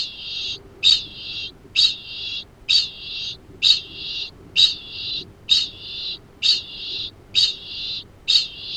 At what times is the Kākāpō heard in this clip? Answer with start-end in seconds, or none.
0.00-8.77